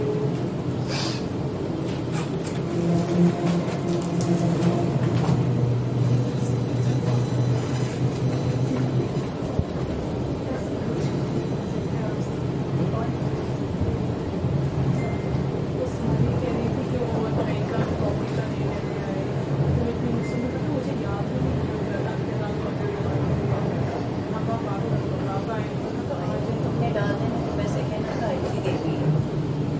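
A steady low rumble fills the inside of a moving train bound for the city, with murmured voices and occasional faint clicks and squeaks throughout.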